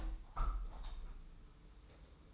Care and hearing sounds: daily activity, microphone in the room; open window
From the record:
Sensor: 1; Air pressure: 991.3 hPa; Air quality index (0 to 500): 102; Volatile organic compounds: 65 ppm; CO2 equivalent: 3471 ppm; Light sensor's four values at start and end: 36/115/45/47 and 36/115/45/47

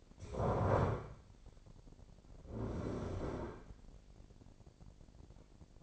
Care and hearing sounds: daily activity, microphone in the room; stand up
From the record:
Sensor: 5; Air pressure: 1009.4 hPa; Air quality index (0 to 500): 153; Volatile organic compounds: 2 ppm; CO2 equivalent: 1178 ppm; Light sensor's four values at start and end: 278/665/284/312 and 279/667/285/314

